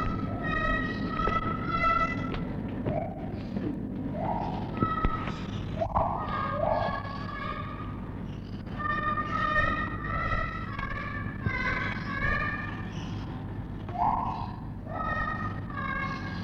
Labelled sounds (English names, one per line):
Lar Gibbon